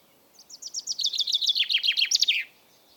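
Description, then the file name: Common chaffinch song: a run of repeated, falling notes ending in a short flourish, about two seconds long, in quiet surroundings. "Fringilla coelebs"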